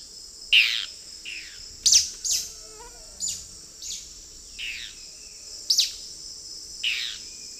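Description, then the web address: Dusky-throated antshrike calls: sharp, high downslurred notes repeated irregularly, with a steady high insect hum throughout. Calls and flight call; eastern lowlands of South America. "Natures Songs S America Eastern Lowlands. Thamnomanes ardesiacus, calls and flight call"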